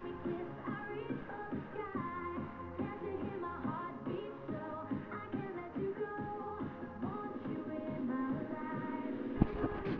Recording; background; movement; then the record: deep breathing; music; sitting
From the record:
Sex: female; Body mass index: 36.4 kg/m2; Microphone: on the chest, facing the body